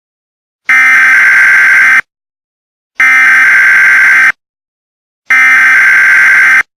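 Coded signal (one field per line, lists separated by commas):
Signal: Emergency Alert System (SAME) tones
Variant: header bursts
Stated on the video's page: Fictional EAS scenario about nuclear chaos in Oklahoma and an abduction in Maine.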